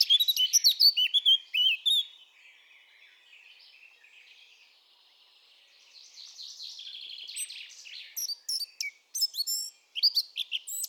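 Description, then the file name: Eurasian blackcap delivering quick chattering and whistled phrases, then a softer buzzy, scratchy passage, before the crisp varied notes return. "Sylvia atricapilla"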